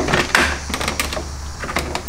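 A new gloss black plastic kidney grille, lined up on the front bumper of a BMW F30, is pushed in so its clips snap into the bumper openings. A sharp click at 0.4 s marks the grille seating, with other light plastic clicks and taps around it over a low steady hum.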